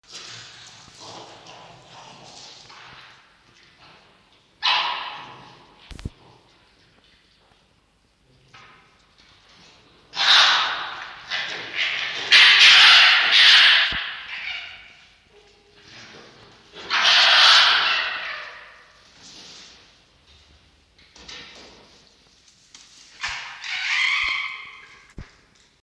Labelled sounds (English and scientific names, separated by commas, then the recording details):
Red Fox (Vulpes vulpes)
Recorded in captivity
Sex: female
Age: adult
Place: Zoologisches Institut der HUB, Berlin, DE
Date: 1953-03-11 18:20
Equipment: Elmetra
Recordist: Tembrock, Günter
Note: Fiffi (Futter-Abwehr gegen Toni): geschlossenes Knurren, Bellkeifen-Keifen